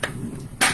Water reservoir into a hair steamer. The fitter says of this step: And it pops right in just like this.